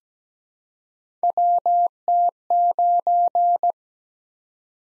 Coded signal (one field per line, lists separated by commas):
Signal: Morse code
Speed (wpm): 17 wpm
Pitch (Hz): 700 Hz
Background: none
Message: WT9